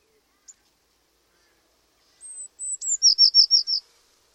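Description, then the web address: Bird call: a lone high tick, then thin high whistled notes, followed by a rapid run of about six notes at even spacing. "cianscape. Deverinetal. Bird Only"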